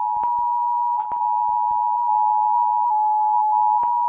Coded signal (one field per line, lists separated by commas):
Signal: Emergency Alert System (SAME) tones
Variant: 853 and 960 Hz attention tone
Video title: Real vs Fake EAS Alarms around the world (PART 4)